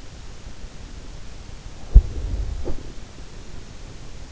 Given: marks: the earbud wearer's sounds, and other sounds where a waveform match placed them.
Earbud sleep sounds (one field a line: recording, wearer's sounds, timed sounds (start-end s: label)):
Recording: sounds in sleep by an in-ear microphone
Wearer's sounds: body movement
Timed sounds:
1.61-3.20 s: body movement